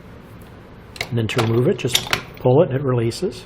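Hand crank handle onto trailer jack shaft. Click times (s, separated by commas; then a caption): 1.0 s. A removable side-wind hand crank handle, held by an internal magnet, is lined up on its flat area and pushed onto the input shaft of a steel Ark Xtreme off-road swivel trailer jack with 2 wheels. It snaps into place with sharp clicks at 1.0 s and 1.0 s, seating on the shaft. Someone talks afterward.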